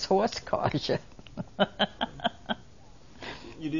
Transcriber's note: she laughs